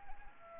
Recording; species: mosquito wingbeat signal from an infrared sensor; Anopheles arabiensis